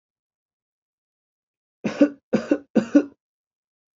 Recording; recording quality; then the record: shallow voluntary cough; excellent, no background noise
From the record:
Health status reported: healthy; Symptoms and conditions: none ticked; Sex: male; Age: 28 years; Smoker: not ticked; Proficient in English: yes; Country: India